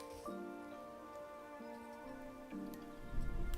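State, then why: Not seated. A plastic inner-frame part of an RG RX-93 ν Gundam snap-fit model kit is pressed into its frame socket while steady tonal music plays, with only a few faint light ticks at 0.3, 2.7 and 3.5 seconds. The part does not snap in the way it was expected to, so nothing has seated or clicked yet.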